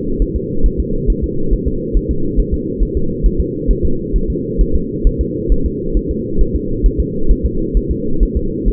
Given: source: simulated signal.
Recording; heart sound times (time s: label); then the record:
fetal heart sounds
0.22 s: S1
0.36 s: S2
0.66 s: S1
0.80 s: S2
1.10 s: S1
1.24 s: S2
1.53 s: S1
1.68 s: S2
1.97 s: S1
2.11 s: S2
2.40 s: S1
2.54 s: S2
2.83 s: S1
2.97 s: S2
3.26 s: S1
3.40 s: S2
3.71 s: S1
3.85 s: S2
4.16 s: S1
4.30 s: S2
4.61 s: S1
4.75 s: S2
5.07 s: S1
5.21 s: S2
5.52 s: S1
5.66 s: S2
5.97 s: S1
6.11 s: S2
6.41 s: S1
6.55 s: S2
6.86 s: S1
7.00 s: S2
7.31 s: S1
7.46 s: S2
7.77 s: S1
7.91 s: S2
8.23 s: S1
8.37 s: S2
8.68 s: S1
From the record:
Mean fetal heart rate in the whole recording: 135 bpm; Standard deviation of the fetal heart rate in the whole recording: 3 bpm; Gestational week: 36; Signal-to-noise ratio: -8.1 dB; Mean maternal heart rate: 72 bpm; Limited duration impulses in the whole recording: absent